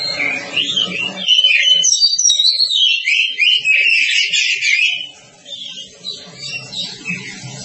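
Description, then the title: Oriental magpie-robin song: several seconds of loud, rich whistles and twittering phrases that trail off into quieter background noise. Long-duration recording. "Kacer"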